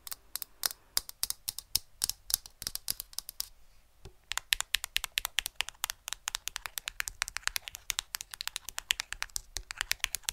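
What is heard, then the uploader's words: Quick, crisp tapping like fingertips or nails on a hard surface, bright clicks in irregular bursts. The taps come sparse and uneven for the first few seconds, pause briefly near four seconds, then grow dense and rapid through the end. ASMR Best Tapping.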